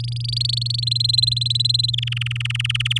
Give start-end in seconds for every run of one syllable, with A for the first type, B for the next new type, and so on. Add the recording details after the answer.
0.00-0.80 A, 0.82-1.91 B, 1.93-2.98 C. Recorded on 8 May 2018 at 06:43. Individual llb16